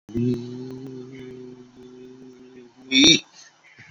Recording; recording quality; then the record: sustained vowel as in beet; excellent, no background noise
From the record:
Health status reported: COVID-19 positive, moderate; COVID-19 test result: positive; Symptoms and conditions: cough, breathing difficulty, sore throat, fever, fatigue, muscle pain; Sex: male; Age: 43 years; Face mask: not worn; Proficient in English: yes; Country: India